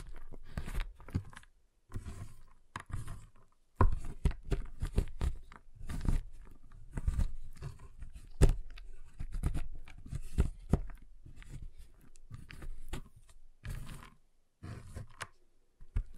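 A giant chocolate bar is tapped, cut and snapped in uneven, low crunchy bursts, with sharp cracks near four and eight seconds and brief pauses.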